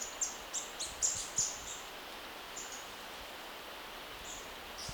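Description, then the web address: Orange-crested flycatcher calls: a quick run of thin, very high chips in the first two seconds, then a few fainter notes over steady background hiss. Recorded in Ecuador. "S America Birds of Ecuador. Orange-Crested Flycatcher"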